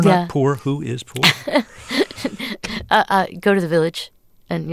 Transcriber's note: laughter